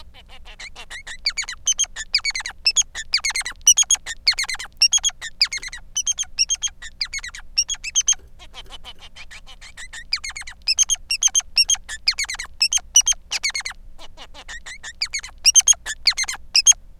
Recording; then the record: song of a male Bengalese finch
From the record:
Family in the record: son of father 3